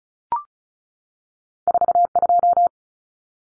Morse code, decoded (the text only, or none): 42